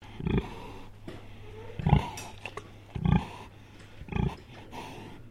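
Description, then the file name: Pig grunting in short, low, rough bursts, four main grunts spaced about one to one and a half seconds apart, with a steady low hum underneath. Landrace pig recorded indoors, giving a grunt sequence. "ANIMAL PIG LANDRACE EDGAR INSIDE GRUNT SEQUENCE"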